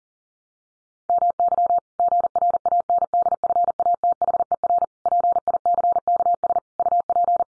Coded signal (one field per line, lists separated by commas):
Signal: Morse code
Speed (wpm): 40 wpm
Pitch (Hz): 700 Hz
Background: none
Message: MY GRANDFATHER PICKS UP